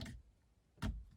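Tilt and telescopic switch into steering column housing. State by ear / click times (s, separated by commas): not seated / none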